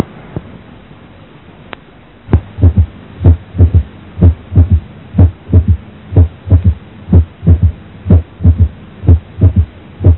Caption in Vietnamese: Tiếng thứ ba sinh lý có thể gặp ở trẻ em và người trẻ dưới 30 tuổi. Nó cách tiếng thứ hai chừng 12-18% giây, nghe trầm, ngắn. Tiếng thứ ba ở một cháu bé bình thường.